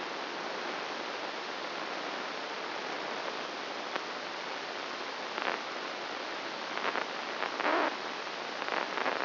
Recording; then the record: brain microelectrode recording played as sound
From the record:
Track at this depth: inside the subthalamic nucleus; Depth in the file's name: 0.956 mm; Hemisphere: left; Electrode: 1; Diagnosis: Parkinson's disease